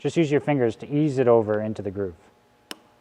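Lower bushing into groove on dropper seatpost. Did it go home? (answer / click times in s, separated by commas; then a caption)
yes / 2.7 s. Someone talks while the split lower bushing, the one with a plastic outer face, is eased by hand over the stepper shaft of a 9point8 Pulse dropper seatpost into its groove, taking care not to spread it too far apart. After the talking stops, one sharp tick is heard at 2.7 s as the bushing clicks into the groove and is seated.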